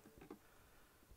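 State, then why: Released. A blade screwdriver is pushed down on a small plastic closeout trim cover in the rear door panel near the rear door service latch, and the cover pops out of its opening. Two quiet ticks are heard at 0.2 s and 0.3 s, with faint low rumble before and after. The cover is released.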